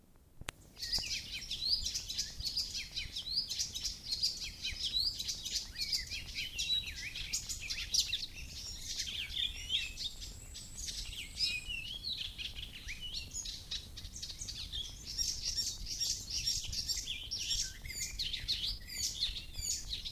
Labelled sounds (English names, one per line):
Icterine Warbler song